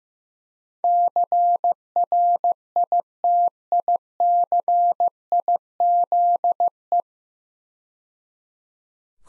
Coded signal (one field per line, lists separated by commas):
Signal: Morse code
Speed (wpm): 15 wpm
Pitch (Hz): 700 Hz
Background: none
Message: CRITICIZE